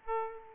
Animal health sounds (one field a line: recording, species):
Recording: mosquito wingbeat signal from an infrared sensor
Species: Aedes aegypti